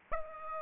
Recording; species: mosquito wingbeat signal from an infrared sensor; Aedes aegypti